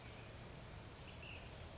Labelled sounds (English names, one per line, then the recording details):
Ash-throated Flycatcher
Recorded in Sonoma County, California